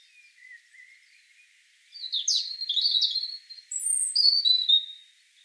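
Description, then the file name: European robin song opening with faint thin notes, then a loud liquid warble of rapid slurred notes, a brief pause, and a high flourish. "Erithacus rubecula"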